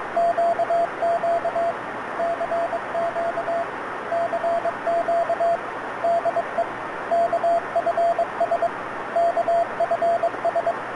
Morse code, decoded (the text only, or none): QQ CQ CQ DE KFS KFS